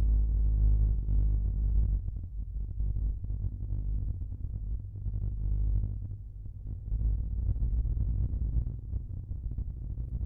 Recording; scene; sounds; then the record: everyday scene through a hearing-aid microphone; in a vehicle; engine, rumble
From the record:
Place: Skoda Fabia, gasoline engine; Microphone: behind the ear, left, rear